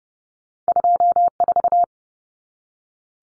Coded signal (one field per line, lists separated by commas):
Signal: Morse code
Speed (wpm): 30 wpm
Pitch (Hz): 700 Hz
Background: none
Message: 24